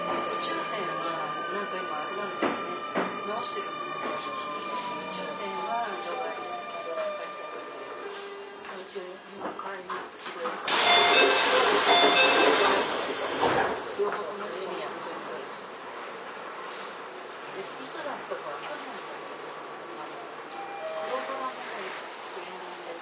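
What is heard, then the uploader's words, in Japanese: Keio 9000 series train ride: a steady low rumble with tones sliding down over the first seven seconds, like a motor winding down. Around eleven seconds a loud hissing burst lasts about two seconds, then the ride settles to a quieter hum with faint voices. 京王9000系 高尾山口〜つつじヶ丘。快速つつじヶ丘行を録音。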